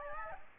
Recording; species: mosquito wingbeat signal from an infrared sensor; Aedes aegypti